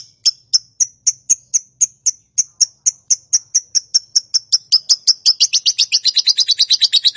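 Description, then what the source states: Lovebird calling with crisp high chirps repeated steadily, then quickening into a dense, rapid chatter toward the end. Calling style named konslet.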